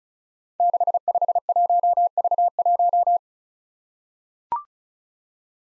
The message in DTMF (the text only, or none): none